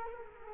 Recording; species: mosquito wingbeat signal from an infrared sensor; Culex quinquefasciatus